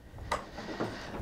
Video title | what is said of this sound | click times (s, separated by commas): OPUS Medication System Inservice | the wheel clicked into place now that wheel is now locked in a straight position | 0.3 s